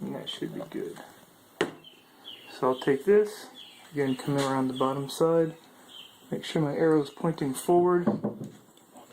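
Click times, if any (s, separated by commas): none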